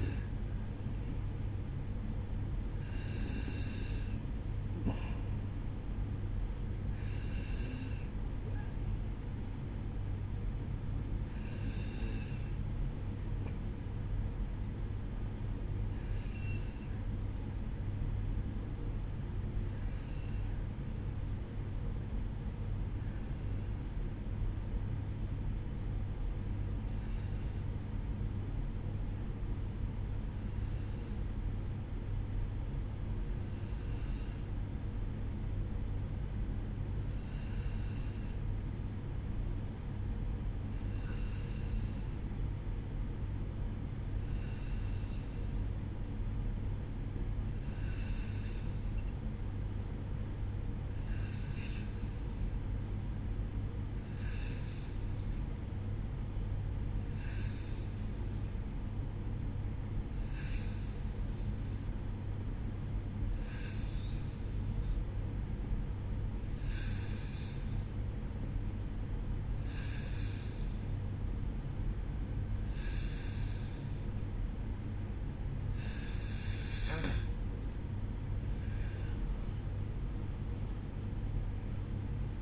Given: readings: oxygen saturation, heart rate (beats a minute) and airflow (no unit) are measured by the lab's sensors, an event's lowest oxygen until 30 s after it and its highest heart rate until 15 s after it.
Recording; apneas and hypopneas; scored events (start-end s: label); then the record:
breathing in sleep by a smartphone at the bedside; 1
18.00-75.20 s: hypopnea (N1, oxygen 95% highest, then 90% lowest, heart rate 59 at the start, 69 highest)
19.00-79.00 s: new sleep stage, N2 (light sleep)
79.00-82.42 s: new sleep stage, awake
From the record:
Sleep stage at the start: N1 (lightest sleep); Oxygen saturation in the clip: 90 to 95%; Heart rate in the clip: 58 to 64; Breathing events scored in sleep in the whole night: 305 in 9.6 hours asleep